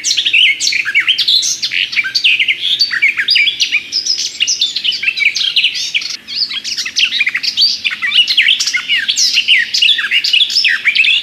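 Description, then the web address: Garden warbler song: an unbroken, rapid stream of sweet, gurgling warbled notes that varies steadily in pitch throughout. "kurspttk Kurs materiały Przyroda Ptaki Gajówka"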